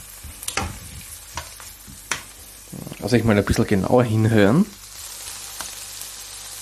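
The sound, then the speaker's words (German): Bacon frying and being stirred in a pan with a steady sizzling hiss, broken by a few sharp scraping clicks of stirring at the start, then someone talks briefly over the continuing sizzle. “So, schön umrühren und dann ein bisschen noch mit anbraten.”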